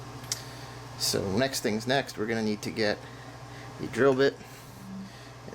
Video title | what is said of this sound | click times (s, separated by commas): 2019 Colorado Projector Retrofit Part 2: The Retrofit | it does is it pushes down and twist locks into place so | 0.3 s